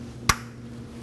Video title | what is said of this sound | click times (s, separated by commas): How to Replace Valve Cover 2011-2016 Kia Optima | After you know it's nice and secure, go ahead and push this down to lock it in. | 0.3 s